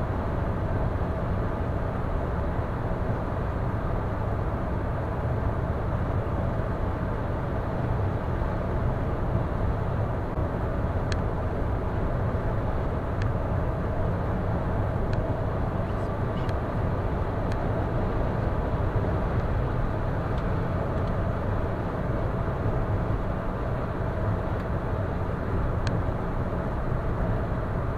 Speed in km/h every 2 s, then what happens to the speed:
110, 110, 111, 111, 111, 111, 111, 111, 111, 117, 116, 114, 113, 112.
0-16 steady at about 111. 16-18 speeds up to 117. 18-28 steady at about 114.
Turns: none.